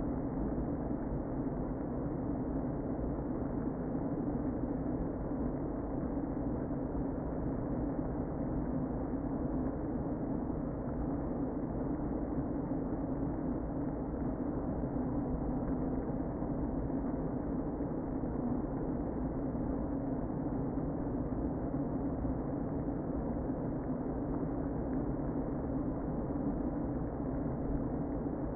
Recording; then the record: honeybee colony, microphone inside the hive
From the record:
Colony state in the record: queen present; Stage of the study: before two queens were removed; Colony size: about 60,000 bees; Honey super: yes